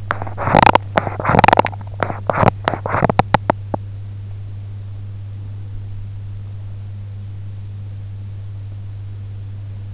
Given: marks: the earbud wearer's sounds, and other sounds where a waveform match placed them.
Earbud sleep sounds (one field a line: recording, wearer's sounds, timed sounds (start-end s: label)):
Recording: sounds in sleep by an in-ear microphone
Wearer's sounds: teeth grinding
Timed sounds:
0.00-3.80 s: teeth grinding